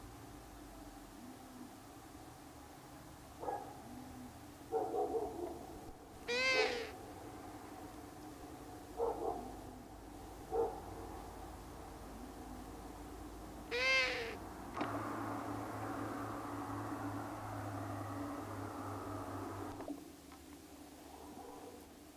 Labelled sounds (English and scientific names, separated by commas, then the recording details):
Long-eared Owl (Asio otus)
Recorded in the wild
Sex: pair
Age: adult
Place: Rötlen, Baden-Württemberg, DE
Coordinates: 48.9664, 10.2194
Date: 1972-04-13
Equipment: Uher Report 4200, Scotch-Classic 19cm, AKG D190C in Doppelparabolreflektoren
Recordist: Krey, Winfried